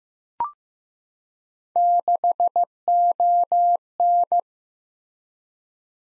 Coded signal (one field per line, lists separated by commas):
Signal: Morse code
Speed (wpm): 15 wpm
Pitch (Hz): 700 Hz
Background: none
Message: 6ON